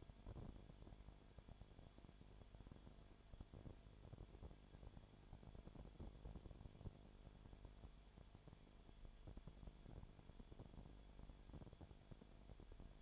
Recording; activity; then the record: daily activity, microphone in the room; no activity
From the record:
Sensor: 5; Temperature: 20.0 degrees Celsius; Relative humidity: 37.1%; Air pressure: 1007.4 hPa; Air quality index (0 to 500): 83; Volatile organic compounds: 1 ppm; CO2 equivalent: 951 ppm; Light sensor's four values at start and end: 2/3/1/1 and 2/3/1/1